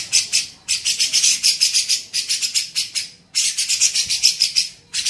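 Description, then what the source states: Grey-cheeked bulbul song made of harsh, scratchy pulses in fast runs separated by short silences. Used for training songbirds (masteran).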